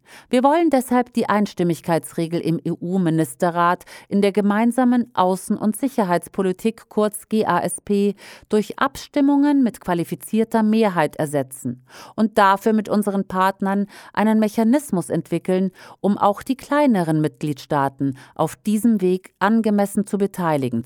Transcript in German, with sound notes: Wir wollen deshalb die Einstimmigkeitsregel im EU-Ministerrat in der Gemeinsamen Außen- und Sicherheitspolitik (GASP) durch Abstimmungen mit qualifizierter Mehrheit ersetzen und dafür mit unseren Partnern einen Mechanismus entwickeln, um auch die kleineren Mitgliedstaaten auf diesem Weg angemessen zu beteiligen.“